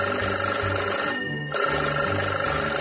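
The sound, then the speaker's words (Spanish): A telephone rings in repeated electronic bursts, a steady warbling tone that pauses briefly midway before resuming, with no voices present. “El teléfono, la gripe, el lumbago. ¡Qué alegría! Dígame.”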